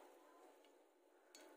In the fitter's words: you can hear a clicking sound so that's